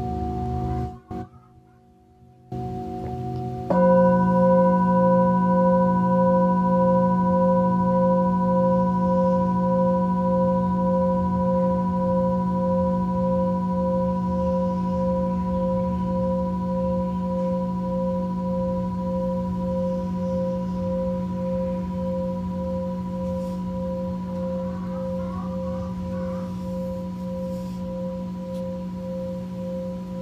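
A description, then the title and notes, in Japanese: A singing bowl hums low and steady, then after a brief near-silent gap it is struck again just before four seconds and blooms into a full, layered ring. The tone wavers gently and fades very slowly over the rest of the clip. メキシコから シンギングボウルのサウンドヒーリング。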